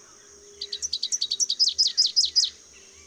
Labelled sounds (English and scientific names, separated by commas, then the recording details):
Rufous-capped Warbler (Basileuterus rufifrons) song
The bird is a male
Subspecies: salvini
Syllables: 15
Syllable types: 3
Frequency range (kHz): 3.3-7.8 kHz
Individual VN-BBS-M